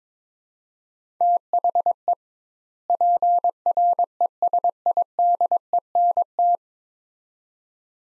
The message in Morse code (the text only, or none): THE PRESIDENT